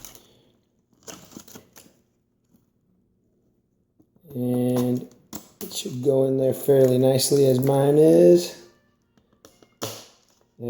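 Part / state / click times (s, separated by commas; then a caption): dispenser paddle assembly into refrigerator door dispenser housing / seated / 9.8 s. A new plastic ice and water dispenser paddle assembly for a Samsung refrigerator is slid into its housing in the refrigerator door and pushed home while someone talks, with light handling clicks and scrapes around it. It snaps into place with a sharp click at 9.8 s and is seated.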